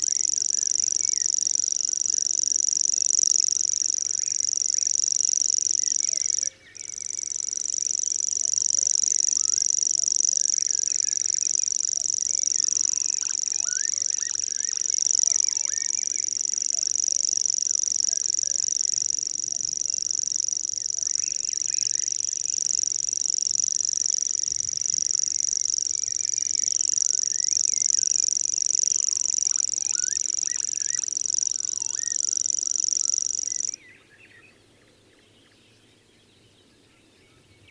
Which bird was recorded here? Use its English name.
Common Grasshopper Warbler